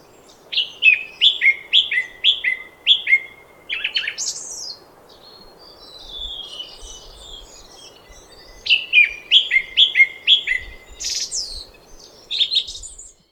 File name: Golosa ptic i zverei - Pevchii drozd